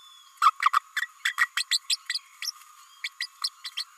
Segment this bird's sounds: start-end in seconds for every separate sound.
0.41-0.51, 0.62-0.71, 0.96-1.02, 1.25-1.33, 1.38-1.47, 1.56-1.64, 1.71-1.79, 1.89-1.96, 2.09-2.18, 2.42-2.51, 3.04-3.09, 3.20-3.27, 3.43-3.49, 3.64-3.70, 3.77-3.84